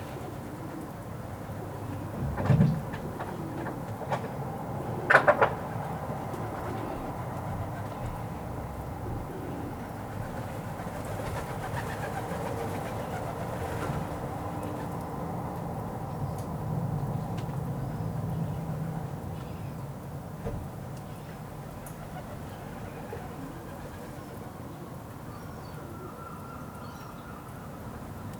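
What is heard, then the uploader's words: A backyard scene with pigeons, their low soft cooing blending into a steady rumble of traffic or a passing train. A couple of sharp knocks stand out near 3 and 5 seconds, and a faint high tone appears late in the clip. Backyard, pigeons.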